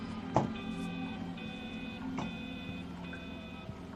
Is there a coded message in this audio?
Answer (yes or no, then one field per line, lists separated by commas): no